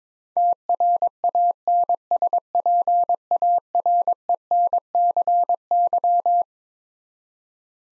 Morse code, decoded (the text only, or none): TRANSPARENCY